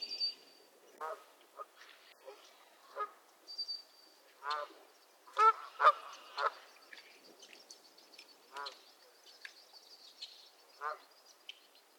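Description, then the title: Goose: geese giving spaced, nasal honks at irregular intervals, a few louder double notes midway, over a thin high whine in the background. Squabbling geese at Miner's Marsh, Annapolis Valley, Nova Scotia. "Theraphonia - Geese at Miner's Marsh"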